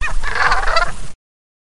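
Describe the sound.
Brant goose giving a single harsh, guttural, rolling call lasting just over a second, with no other clear sounds.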